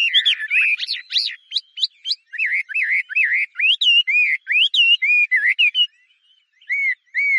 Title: 画眉鸟的叫声